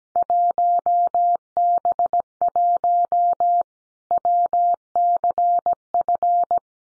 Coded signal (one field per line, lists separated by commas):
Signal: Morse code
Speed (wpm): 17 wpm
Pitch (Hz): 700 Hz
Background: none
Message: 1B1 WCF